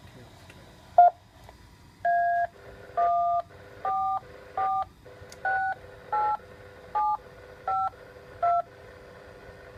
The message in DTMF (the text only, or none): A14468752